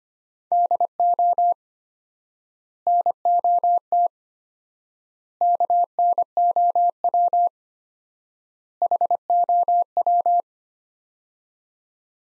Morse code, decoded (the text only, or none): DO NOT KNOW HOW